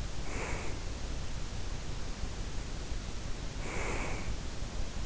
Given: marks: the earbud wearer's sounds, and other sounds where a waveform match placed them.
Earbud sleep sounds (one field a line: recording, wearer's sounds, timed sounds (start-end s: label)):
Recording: sounds in sleep by an in-ear microphone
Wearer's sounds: breath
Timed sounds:
0.00-0.97 s: breath
3.41-4.58 s: breath